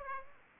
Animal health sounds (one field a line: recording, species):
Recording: mosquito wingbeat signal from an infrared sensor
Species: Aedes aegypti